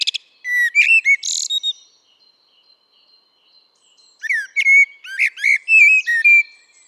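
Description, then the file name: Eurasian blackbird singing two fluted, mellow whistled phrases with squeaky high twitters, separated by a pause of about two and a half seconds. "Turdus merula"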